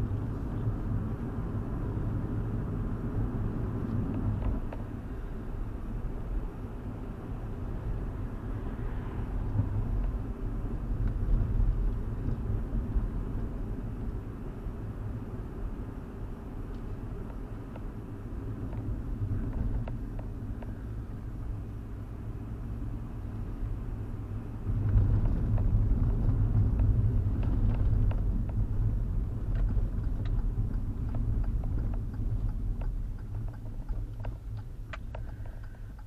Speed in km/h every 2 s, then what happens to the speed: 47, 47, 42, 42, 44, 42, 42, 40, 40, 34, 32, 34, 32, 27, 24, 21, 15, 8.
0-16 steady at about 42. 16-19 slows to 32. 23-36 slows to 8.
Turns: none.